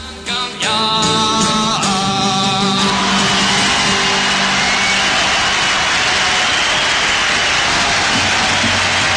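Brief tonal music at the end of a radio spot fades into dense, steady applause from a crowd, a continuous crackling wash of clapping that stays loud until the end, with no one speaking.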